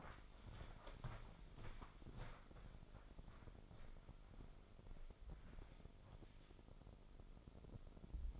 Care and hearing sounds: daily activity, microphone in the room; walk to room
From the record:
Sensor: 5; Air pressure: 995.6 hPa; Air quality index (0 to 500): 103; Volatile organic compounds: 7 ppm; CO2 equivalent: 1982 ppm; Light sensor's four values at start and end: 37/89/36/37 and 38/93/38/39

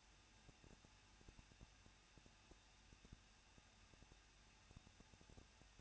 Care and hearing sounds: daily activity, microphone in the room; no activity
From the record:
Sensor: 2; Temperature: 21.0 degrees Celsius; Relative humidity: 37.3%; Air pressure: 1006.3 hPa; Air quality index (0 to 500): 220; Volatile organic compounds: 23 ppm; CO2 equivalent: 2783 ppm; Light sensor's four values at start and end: 2/3/2/2 and 2/3/2/2

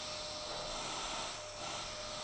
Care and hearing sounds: daily activity, microphone in the room; vacuum cleaning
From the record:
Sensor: 5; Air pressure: 999.4 hPa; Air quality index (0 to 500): 226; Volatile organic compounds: 23 ppm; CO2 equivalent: 2768 ppm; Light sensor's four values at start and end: 34/79/32/30 and 34/79/32/30

